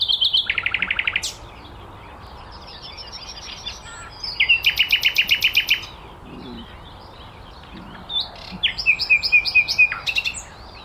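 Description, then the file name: Common nightingale singing loud separate phrases: fast pulsed rattles, sharp clicks and a run of repeated whistled notes, with pauses of a few seconds between phrases. "Luscinia megarhynchos"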